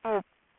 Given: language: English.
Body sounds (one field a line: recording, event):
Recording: throat vibration sensor signal played as sound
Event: speech